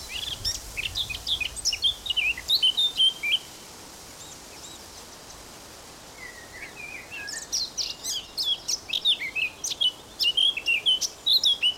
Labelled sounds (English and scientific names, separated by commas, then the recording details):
Eurasian Blackcap (Sylvia atricapilla)
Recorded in the wild
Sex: male
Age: adult
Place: Summt, Brandenburg, DE
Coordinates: 52.687, 13.374
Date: 1992-05-23 14:00
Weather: 23-24°C, böiger Wind
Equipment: Nagra SN, Mikrofon AKG CK 8, Kopie Tesla B 116
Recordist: Tembrock, Günter